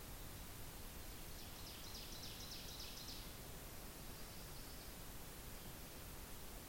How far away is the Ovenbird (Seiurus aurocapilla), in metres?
about 45 m